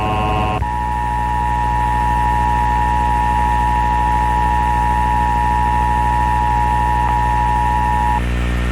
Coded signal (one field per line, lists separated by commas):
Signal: Emergency Alert System (SAME) tones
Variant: 853 and 960 Hz attention tone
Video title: (VALID TONES) EAS Recreation Mock - "What The Hell Was That?" (07/22/1999)